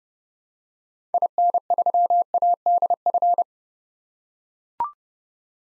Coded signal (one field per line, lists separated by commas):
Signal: Morse code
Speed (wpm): 30 wpm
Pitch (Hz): 700 Hz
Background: none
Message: IN3ADF